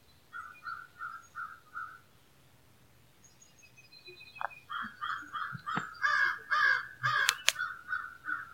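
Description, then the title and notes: Crows cawing: a run of five evenly spaced harsh caws, a pause, then a louder overlapping chorus of rapid caws from several birds. Crows recorded in Arkansas. "Arkansas Crows by Christie Mullen"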